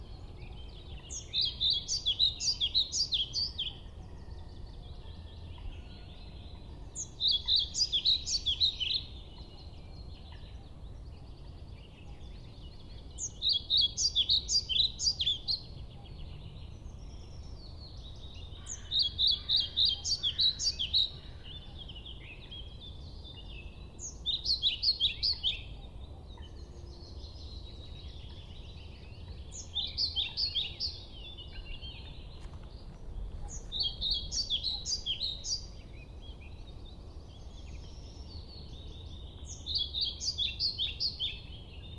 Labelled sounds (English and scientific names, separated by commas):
European Pied Flycatcher (Ficedula hypoleuca)